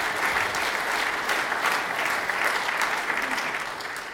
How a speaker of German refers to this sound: Liebe Freunde, ja, für die Polizei immer ein Beifall. Immer ein Beifall.